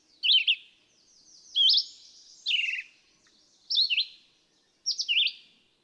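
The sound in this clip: Red-eyed vireo song: five short slurred whistled phrases, each varied, given about once a second with brief pauses, faint high twittering behind.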